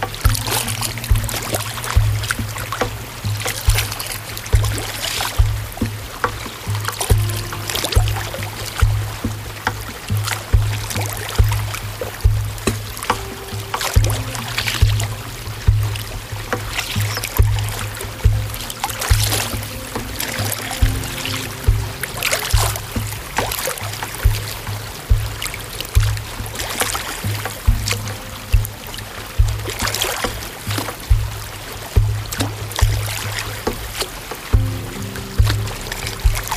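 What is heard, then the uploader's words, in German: Water on Fuschlsee laps and splashes in quick, irregular bursts for the whole recording, with no letup. A steady low hum runs underneath throughout, and faint wavering tones rise and fall in the middle range, like an engine out on the lake. Natur - Fuschlsee, Salzburger Land.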